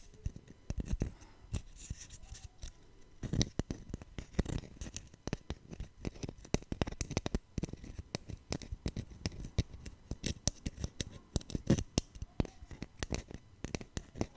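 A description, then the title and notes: Tapping with no talking: quick, irregular taps and clicks come in dense flurries across the whole stretch, each a sharp crisp hit. Some land harder than others, and brief gaps break up the rhythm. A faint steady hum sits underneath. Tapping No Talking.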